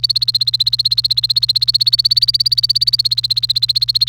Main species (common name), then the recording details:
Domestic Canary. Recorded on 28 April 2018 at 16:38. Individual llb3